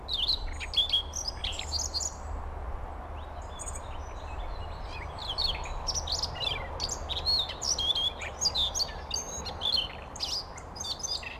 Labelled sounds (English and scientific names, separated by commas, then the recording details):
Siberian Rubythroat (Luscinia calliope) song
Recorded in the wild
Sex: male
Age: adult
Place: Paratunka, Kamtschatka, RU
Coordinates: 53.5667, 158.417
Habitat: scrubland
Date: 1999-06-13 18:33
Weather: overcast, ca. 13°C
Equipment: Sony WM-D6C, Sennheiser ME 80, K 30 AV Schalter I, Kopie Sony TCD-D8
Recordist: Frommolt, Karl-Heinz